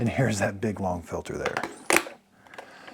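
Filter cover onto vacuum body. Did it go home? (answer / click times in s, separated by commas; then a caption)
no / none. A filter cover is handled over the long filter on a Dyson Ball Animal 3 upright vacuum cleaner body while someone talks. A sharp plastic knock at about 1.9 s is followed by faint handling taps near 2.5–2.6 s. Nothing has seated or clicked yet.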